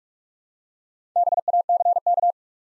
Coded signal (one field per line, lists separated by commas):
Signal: Morse code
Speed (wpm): 44 wpm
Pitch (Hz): 700 Hz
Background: none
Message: BACK